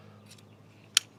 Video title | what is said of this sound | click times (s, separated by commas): Premium ⛺️Camping Gear That Actually Works❗️ - Roxon Bundle | Those lock into place. | 1.0 s